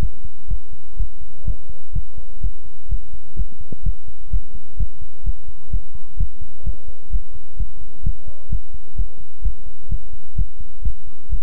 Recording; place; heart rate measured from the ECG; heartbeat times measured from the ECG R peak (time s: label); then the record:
heart sounds by stethoscope; between the tricuspid and mitral areas; 128 bpm
0.48 s: heartbeat
0.96 s: heartbeat
1.44 s: heartbeat
1.93 s: heartbeat
2.41 s: heartbeat
2.89 s: heartbeat
3.36 s: heartbeat
3.83 s: heartbeat
4.30 s: heartbeat
4.77 s: heartbeat
5.23 s: heartbeat
5.70 s: heartbeat
6.17 s: heartbeat
6.63 s: heartbeat
7.10 s: heartbeat
7.57 s: heartbeat
8.03 s: heartbeat
8.49 s: heartbeat
8.95 s: heartbeat
9.42 s: heartbeat
9.88 s: heartbeat
10.35 s: heartbeat
10.82 s: heartbeat
11.29 s: heartbeat
From the record:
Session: pedaling a stationary bicycle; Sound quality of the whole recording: good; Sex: male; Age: 24 years